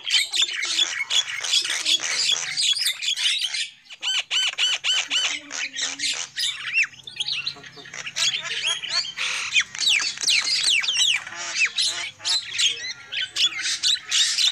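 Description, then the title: Lovebird chatter of harsh squawks and shrill chirps, dense and nearly continuous, with a brief pause near four seconds before resuming. Used as a lure call for trapping lovebirds. "PIKAT BURUNG LOVEBIRD"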